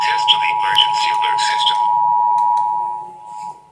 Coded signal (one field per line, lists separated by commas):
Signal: Emergency Alert System (SAME) tones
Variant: 853 and 960 Hz attention tone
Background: speech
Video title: (1.7K SUBSCRIBERS SPECIAL) (EAS) Required Monthly Test